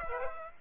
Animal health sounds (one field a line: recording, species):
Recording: mosquito wingbeat signal from an infrared sensor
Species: Aedes aegypti